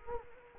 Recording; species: mosquito wingbeat signal from an infrared sensor; Culex quinquefasciatus